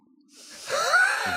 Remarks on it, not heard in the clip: I need to stop putting things in my stomach for it to work on. It's called borborygmus. The stomach sound. The sound of your stomach working on things.